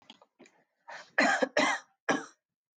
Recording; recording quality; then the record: heavy voluntary cough; excellent, no background noise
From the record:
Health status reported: healthy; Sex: female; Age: 36 years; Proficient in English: yes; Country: United States